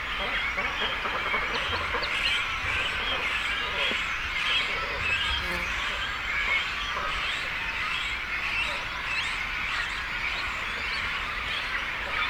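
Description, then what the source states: Cormorant colony, many birds giving rough croaks and busy chattering calls at once, with a few louder harsh notes standing out. Breeding colony of cormorants with chicks, at Zemitz, Germany.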